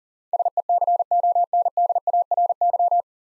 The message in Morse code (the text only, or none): SECONDARY